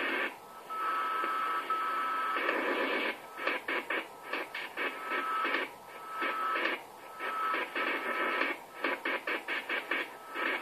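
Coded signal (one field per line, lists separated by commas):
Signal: unidentified radio signal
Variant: AMIS powerline smart meter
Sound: harsh rasping hiss bursts switching on and off rapidly, with a faint steady whistle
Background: radio static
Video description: AMIS Signal der Energie-AG Oberösterreich im Langwellenbereich stören unter anderem den DCF-77 Zeitzeichenempfang sehr stark!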